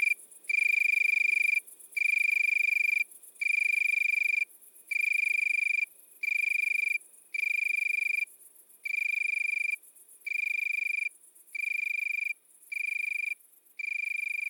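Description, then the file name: Italian tree cricket song of smooth, pure trills about a second each, evenly spaced by short pauses, a little quieter toward the end. Recorded at midnight at Le Puech, Cantal. "grillon-d Italie-a-minuit-Le-Puech-Cantal"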